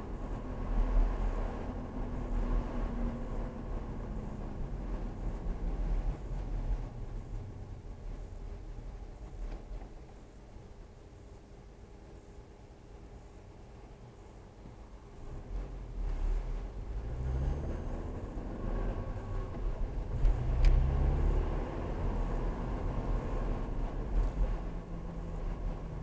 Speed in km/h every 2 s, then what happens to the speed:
47, 37, 23, 8, 0, 0, 0, 11, 21, 27, 35, 32, 29.
0-7 brakes to 0. 7-12 standing. 12-20 pulls away to 35. 20-26 slows to 29.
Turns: none.